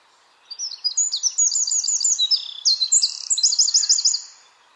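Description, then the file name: Eurasian wren singing a loud, very high, rapid outpouring of sharp notes and fast trills lasting about four seconds, with a quiet background. "Troglodytes troglodytes"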